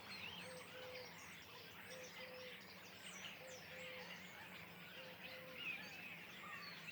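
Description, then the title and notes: Common starlings chattering with whistles and squeals, accompanied by several paired low notes. Flock perched in trees beside the Louroux pond, Le Louroux, Indre-et-Loire, Centre-Val de Loire, France; recorded with Sennheiser MKH8020 ORTF stereo pair, Rycote, Sound Devices MixPre6 II. "Le Louroux, Loches, Indre-et-Loire, Centre-Val de Loire, France métropolitaine, 37240, France - étourneaux sansonnet dans les arbres. Nuée d'étourneaux posés dans un arbre aux abords de l'étang du louroux"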